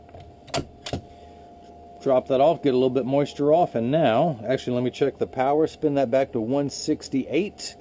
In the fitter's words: use my thumbs push down at the nose it snaps right in